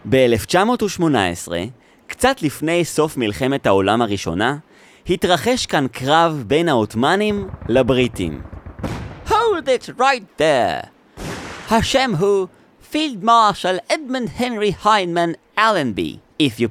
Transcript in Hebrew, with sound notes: ב-1918, קצת לפני סוף מלחמת העולם הראשונה, התרחש כאן קרב בין העות'מאנים לבריטים: (מתפרץ במבטא בריטי כבד) Hold it right there! השם הוא: פילדמרשל אדמונד הנרי היינמן אלנבי, If you please.